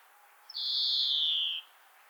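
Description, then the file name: European greenfinch giving a single long, nasal, buzzy wheeze lasting about a second, gently falling in pitch. "Chloris chloris"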